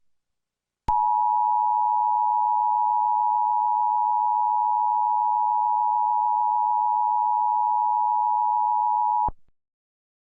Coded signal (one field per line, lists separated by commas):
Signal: Emergency Alert System (SAME) tones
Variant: 853 and 960 Hz attention tone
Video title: Abilene Texas/Hawley Texas Tornado Warning EAS Alert